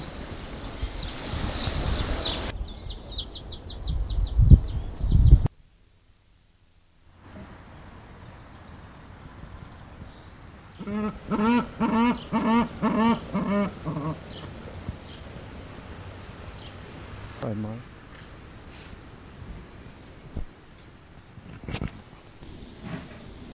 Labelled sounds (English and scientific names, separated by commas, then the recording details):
Southern Rockhopper Penguin (Eudyptes chrysocome) call
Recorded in captivity
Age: adult
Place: Zoo Berlin, Berlin, DE
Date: 2000-04-04 13:49
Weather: wolkig, ca. 13°C
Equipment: Nagra SN, Kopie Uher 4000 Report Monitor
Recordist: Tembrock, Günter